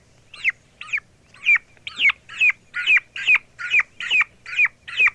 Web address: Turkey -Young